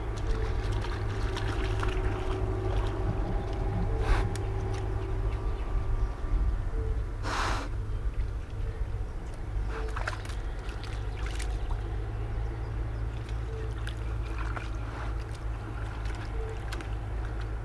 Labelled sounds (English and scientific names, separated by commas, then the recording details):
Wild Boar (Sus scrofa) call
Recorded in the wild
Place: Altkünkendorf, Brandenburg, DE
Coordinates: 53.008, 13.875
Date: 1984-05-16
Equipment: Nagra III BH, Sennheiser MD 21, parabola
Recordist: Schubert, Michael
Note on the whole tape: Wildschweine in ~10m (zwei Bachen mit Frischlingen), Laufgeräusche, Blasen